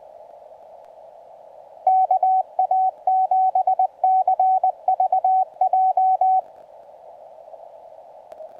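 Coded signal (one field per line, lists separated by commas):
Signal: Morse code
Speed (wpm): 20 wpm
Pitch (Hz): 750 Hz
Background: radio noise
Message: KA7CVJ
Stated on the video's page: CW contacts from a joint Summits on the Air activation on a summit in Georgia.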